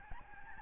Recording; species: mosquito wingbeat signal from an infrared sensor; Aedes albopictus